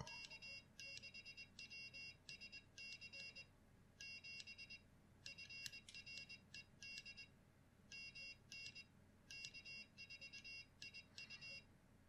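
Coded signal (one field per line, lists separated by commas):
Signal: Morse code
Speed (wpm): 20 wpm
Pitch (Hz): 2750 Hz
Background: none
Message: K6WSC 7 FRED MN K4IU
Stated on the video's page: CW practice with Iambic Master software and a WinKeyer USB external keyer.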